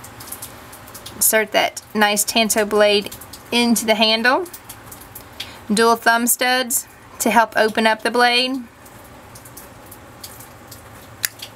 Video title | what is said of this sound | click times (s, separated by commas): Gerber Kiowa and Mini Paraframe Combo set 31-003062 | you heard that lock into place with the frame lock system on the | 11.2 s